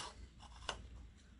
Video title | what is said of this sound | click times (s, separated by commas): Гаражная переноска 220 в. / garage carrier 220 volt | у меня попала зафиксировалась но | 0.7 s